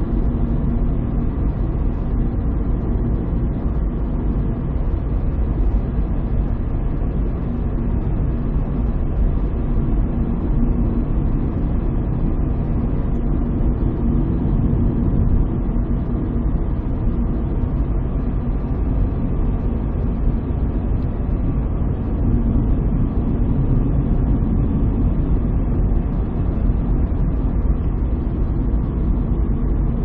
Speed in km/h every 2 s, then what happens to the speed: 65, 65, 65, 64, 65, 66, 66, 65, 64, 63, 64, 64, 65, 64, 64.
0-30 steady at about 65.